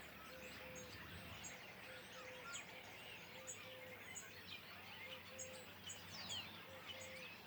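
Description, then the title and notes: Common starling flock chatter, busy squeaks and whistles throughout, with short low hooting notes repeating at intervals underneath. Flock perched in trees beside the Louroux pond, Le Louroux, Indre-et-Loire, France; recorded in ORTF stereo with Sennheiser MKH8020 microphones and a Sound Devices MixPre-6 II. "Le Louroux, Loches, Indre-et-Loire, Centre-Val de Loire, France métropolitaine, 37240, France - étourneaux sansonnet dans les arbres. Nuée d'étourneaux posés dans un arbre aux abords de l'étang du louroux"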